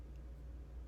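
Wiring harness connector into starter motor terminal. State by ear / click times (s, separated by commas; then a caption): not seated / none. A plastic wiring-harness connector is handled at the top terminal of a replacement starter motor on a 2011 Hyundai Elantra. Only a steady low rumble and hum is heard across the clip, with no sharp sounds. Nothing has seated or clicked yet.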